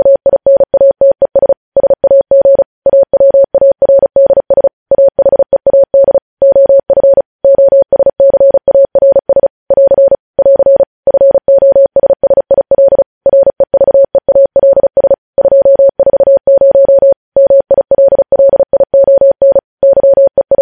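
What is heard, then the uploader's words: Morse code sent as a steady mid-pitched tone, switched on and off in quick dots and longer dashes with short gaps between letters. The keying runs evenly for the whole stretch, clean, with no other sounds behind it. Morse code.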